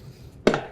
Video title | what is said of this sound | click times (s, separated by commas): EVERY Attachment that goes on the John Deere Z7 Series Mowers | lock that into place there | 0.5 s